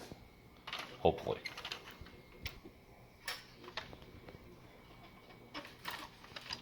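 A replacement plastic seat from a newer toy landspeeder is handled and pressed toward the slots of a vintage landspeeder body, with someone talking over scattered light plastic taps and knocks. Nothing has seated or clicked into place yet.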